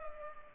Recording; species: mosquito wingbeat signal from an infrared sensor; Culex pipiens